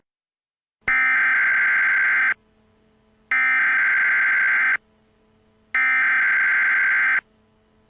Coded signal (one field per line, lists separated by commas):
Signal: Emergency Alert System (SAME) tones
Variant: header bursts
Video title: Eas Scenario: Virginia Tornado Outbreak